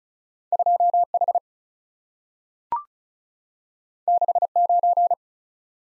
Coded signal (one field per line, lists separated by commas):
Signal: Morse code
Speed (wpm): 36 wpm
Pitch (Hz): 700 Hz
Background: none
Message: 2 H 6 9